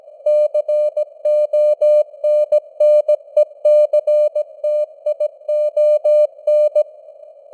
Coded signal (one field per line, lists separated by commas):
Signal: Morse code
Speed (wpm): 17 wpm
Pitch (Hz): 600 Hz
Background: none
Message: CONNECTION